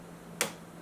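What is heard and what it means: A volume knob is pulled off a receiver's control shaft, and its second retaining clip clicks open at 0.4 seconds in a single sharp, bright click over a low steady hum. The knob comes off, released.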